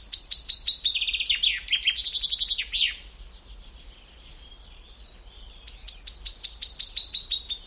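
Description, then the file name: Common chaffinch singing: one rattling phrase of repeated high notes ends with a flourish, a quiet pause follows, then a second phrase begins. "Fringilla coelebs"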